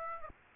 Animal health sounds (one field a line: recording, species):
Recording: mosquito wingbeat signal from an infrared sensor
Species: Aedes aegypti